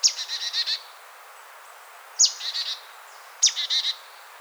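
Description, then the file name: Marsh tit calls: three bursts, each a sharp high downslurred note followed by a few buzzy, even notes, with quiet gaps between bursts. "Poecile palustris"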